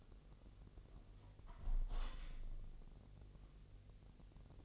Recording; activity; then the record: daily activity, microphone in the room; close window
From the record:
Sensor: 4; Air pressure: 1001.2 hPa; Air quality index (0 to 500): 247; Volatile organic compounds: 44 ppm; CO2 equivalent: 3215 ppm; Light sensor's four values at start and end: 9/20/8/7 and 9/19/7/7